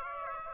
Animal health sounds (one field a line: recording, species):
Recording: mosquito wingbeat signal from an infrared sensor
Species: Aedes aegypti